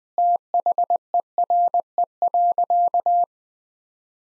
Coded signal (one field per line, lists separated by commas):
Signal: Morse code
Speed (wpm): 20 wpm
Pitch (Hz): 700 Hz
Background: none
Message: THERE.